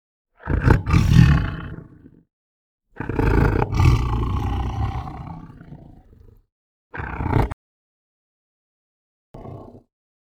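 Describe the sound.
Tiger, deep rumbling growls in two long bouts, then two short gruff bursts, with silence between them.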